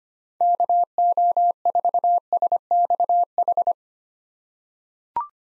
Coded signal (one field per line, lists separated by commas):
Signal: Morse code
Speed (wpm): 25 wpm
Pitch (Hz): 700 Hz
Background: none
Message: KO4SXH